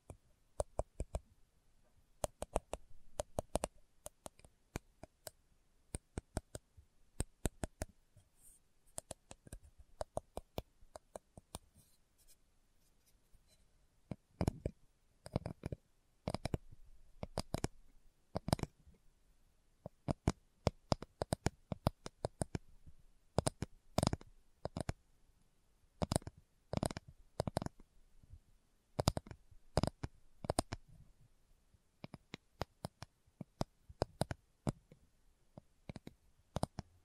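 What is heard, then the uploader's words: Slow tapping, made of sharp, isolated clicks with quiet gaps between them, each tap short and crisp from low thud to bright tick. The pace is irregular, sometimes single taps, sometimes quick clusters, running throughout the 37 seconds over near silence. ASMR Slow Tapping for Deep Sleep (No Talking).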